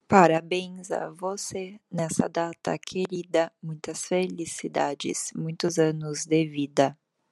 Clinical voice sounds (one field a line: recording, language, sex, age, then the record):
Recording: short text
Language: Brazilian Portuguese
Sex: female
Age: 30 to 39 years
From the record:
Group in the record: control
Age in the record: 39 years